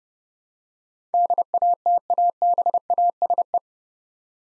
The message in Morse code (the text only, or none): DATABASE